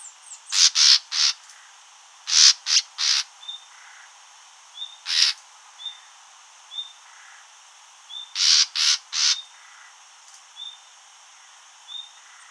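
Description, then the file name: Common nightingale delivering clustered rasping calls in quick groups, interspersed with faint, brief whistled notes repeated at intervals between the bursts. "Luscinia megarhynchos"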